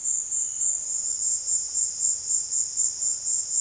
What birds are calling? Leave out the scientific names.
none